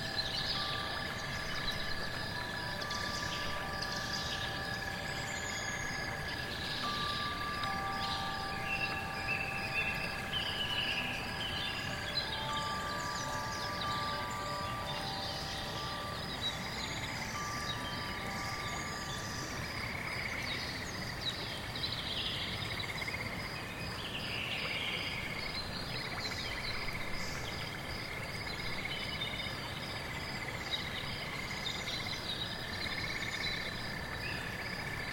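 Steady rain patters on fallen leaves while thin sustained tones ring over it, fading after about twenty seconds, with faint insect buzzing above.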